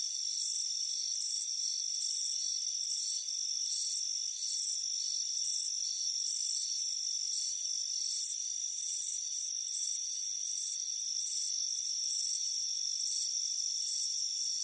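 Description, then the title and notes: Crickets chirping in high, pulsed bursts repeating roughly every second, over a steady high-pitched insect drone; no other sounds. Crickets chirping on a warm afternoon, heard from a hammock on a front porch. "Soothing Crickets Chirping Sound. It's a warm afternoon as you relax in a hammock on the front porch. Relax and fall asleep to the soothing sound of chirping crickets. Deep Sleep Sounds"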